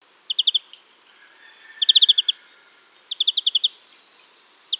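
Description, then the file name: European greenfinch giving rapid trilled chirp series, three clear bursts of clipped high notes separated by gaps of about a second, with a fourth starting at the end, a faint thin whistle behind. "Chloris chloris"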